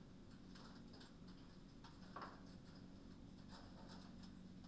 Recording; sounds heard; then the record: poultry house recording; no chicken sound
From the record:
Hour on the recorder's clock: 20